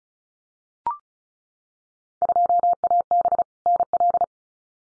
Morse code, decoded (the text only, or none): 2AB NL